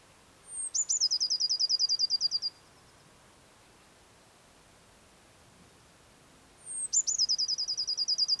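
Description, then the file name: Eurasian blue tit song, two phrases each opening with a very high thin note and running into a rapid silvery trill, separated by about four seconds of quiet. "Cyanistes caeruleus"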